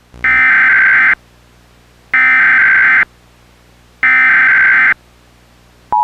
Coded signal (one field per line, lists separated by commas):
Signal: Emergency Alert System (SAME) tones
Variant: header bursts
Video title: EAS Short - Cabbage Patch Snacktime Kids